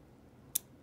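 A single sharp click at 0.6 s as the second ink refill's slider is pushed down in a two-color plastic multi-pen body, tripping the latch so the first refill pops back up and releases, pushing one down pushes up the other. The click is brief and bright against a quiet background.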